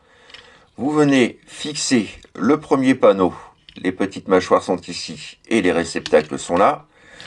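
Someone talks while handling the first plastic panel of a Transformers Studio Series The Movie 86 Devastator robot toy, lining up its small jaws with their receptacles on the figure. Brief faint handling taps are heard near 0.3 s and 7.2 s. Nothing has seated or clicked yet.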